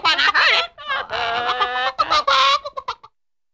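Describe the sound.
Chicken clucking and squawking in a dense run of harsh, harmonic notes lasting about three seconds. The calls come in quick bursts, then trail off into a few short clucks before silence.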